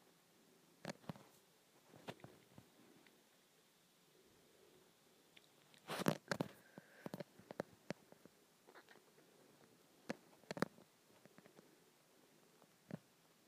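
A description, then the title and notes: Fingernails scratch and tap on a phone screen in short, scattered strokes, with a brief dense cluster of scraping around six to seven seconds. Between the sharp clicks and scrapes, a quiet hiss fills the gaps. ASMR Scratching my iPhone Screen.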